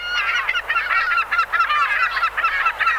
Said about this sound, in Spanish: Las gaviotas.